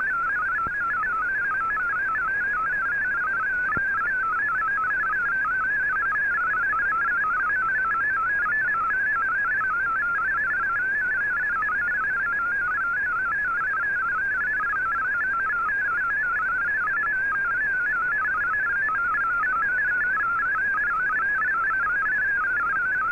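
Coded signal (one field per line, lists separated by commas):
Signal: multi-tone FSK (Olivia or MFSK type)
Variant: MFSK32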